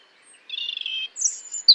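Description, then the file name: European robin song: a sustained, slightly buzzy high note followed by thin, very high squeaky notes. "Erithacus rubecula"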